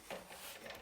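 After the bevel angle is set, the bevel lock lever on a Bosch sliding miter saw is pushed down to lock the saw head. A single short knock sounds at 0.1 s, and the lever is seated and locked.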